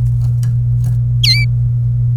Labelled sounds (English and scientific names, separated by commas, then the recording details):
Domestic Canary (Serinus canaria) song
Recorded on 26 April 2018 at 14:17
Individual llb3